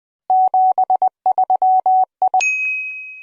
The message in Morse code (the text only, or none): 73 I